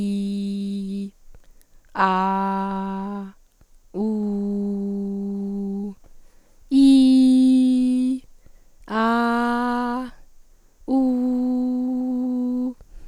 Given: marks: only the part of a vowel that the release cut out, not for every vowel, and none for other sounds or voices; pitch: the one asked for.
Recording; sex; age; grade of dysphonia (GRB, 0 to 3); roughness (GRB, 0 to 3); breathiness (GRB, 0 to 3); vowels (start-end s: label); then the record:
sustained vowels; female; 18 to 19 years; 0; 0; 0
0.00-0.97 s: vowel /i/, normal pitch
2.09-3.02 s: vowel /a/, normal pitch
4.07-5.77 s: vowel /u/, normal pitch
6.82-8.06 s: vowel /i/, high pitch
9.01-9.92 s: vowel /a/, high pitch
11.01-12.60 s: vowel /u/, high pitch
From the record:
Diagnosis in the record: healthy voice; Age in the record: 19 years